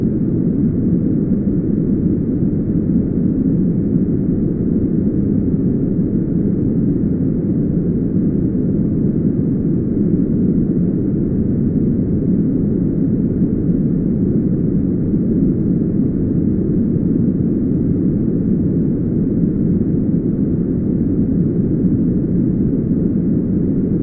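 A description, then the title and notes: Brown noise plays as a steady, dense rumble with no changes over the full length. The sound is deep and muffled, weighted toward the low end with almost nothing bright on top, and the loudness holds perfectly even throughout. 1 hour of brown noise for sleep, study, or focus.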